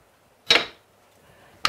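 An oak locking strip is slid back until it sits centred on the large rebate, releasing the drawer lock so the drawer can open again. A loud broadband burst at about 0.5 s fades out by 0.8 s, followed by near-quiet. Then the lock releases with a sharp clack at 1.7 s.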